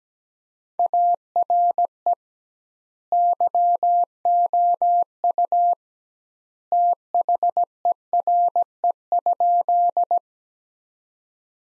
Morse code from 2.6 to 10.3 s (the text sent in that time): YOU THERE?